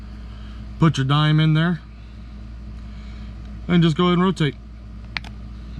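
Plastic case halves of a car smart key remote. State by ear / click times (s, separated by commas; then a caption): released / 5.2 s. A dime is set in the notch on the side of the plastic 5-button smart key remote for a 2016 Jeep Cherokee and rotated to pry the case halves apart while someone talks over a low steady hum. A sharp pop at 5.2 s marks the plastic case halves releasing and the key fob case popping open.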